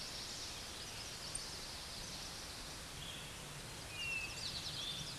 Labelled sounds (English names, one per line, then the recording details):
Eastern Towhee song
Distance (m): 35 m
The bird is about 5 m below the microphone
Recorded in a Pennsylvania forest on 16 May 2024 at 09:51
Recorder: AudioMoth, point MSD-1849
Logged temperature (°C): 12.1 °C
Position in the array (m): 3 m, 44 m